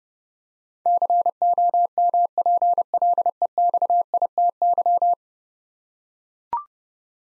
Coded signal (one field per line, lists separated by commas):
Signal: Morse code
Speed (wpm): 32 wpm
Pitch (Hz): 700 Hz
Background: none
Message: COMPLEXITY